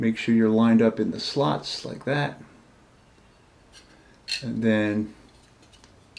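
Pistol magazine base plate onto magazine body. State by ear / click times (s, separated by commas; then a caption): not seated / none. Someone talks while a Springfield Hellcat pistol magazine base plate is lined up in the slots of the magazine body before being pushed down into place. Faint handling sounds are heard between the speech, and nothing has seated or clicked yet.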